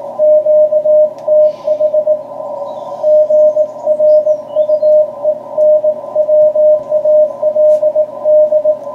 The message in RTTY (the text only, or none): none